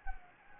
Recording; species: mosquito wingbeat signal from an infrared sensor; Anopheles gambiae